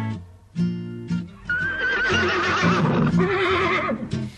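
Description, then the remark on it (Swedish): A horse walking with its foal along a country road whinnies in a long, shrill, quavering call that rises and wavers for several seconds, preceded by a few low snorting grunts and ending with a short breathy snort. “Ute på landet går hästen och fölet.”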